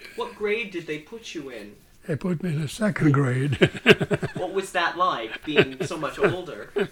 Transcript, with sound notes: What grade did they put you in?
They put me in the second grade. ( he laughs )
What was that like, being so much older?